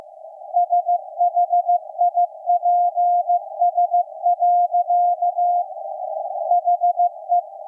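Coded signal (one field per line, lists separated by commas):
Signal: Morse code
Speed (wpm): 15 wpm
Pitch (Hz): 700 Hz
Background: none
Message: SHIPS. HE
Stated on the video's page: Maritime coast station KPH reactivated for Night of Nights, CW on shortwave received with an SDRplay RSP1A.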